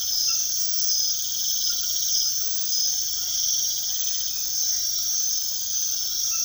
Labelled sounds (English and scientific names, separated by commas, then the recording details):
none
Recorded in secondary vegetation near Puerto Asís, Putumayo, Colombia, on 18 February 2024 at 00:30
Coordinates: 0.500, -76.326
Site G6428